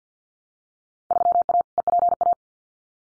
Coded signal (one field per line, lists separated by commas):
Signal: Morse code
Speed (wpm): 50 wpm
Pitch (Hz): 700 Hz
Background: none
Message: 3A EPA